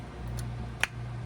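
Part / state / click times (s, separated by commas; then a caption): keyless chuck on a cordless drill, tightened onto a bit / torque reached / 0.4 s, 0.8 s. The keyless chuck of a DeWalt DCD710 12 V cordless drill is hand-tightened onto a bit against a low steady hum. A faint click comes at 0.4 s, then a sharp, loud click at 0.8 s as the chuck ratchets at its tightening limit, the proper torque for holding.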